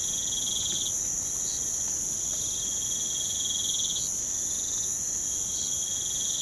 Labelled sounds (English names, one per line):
none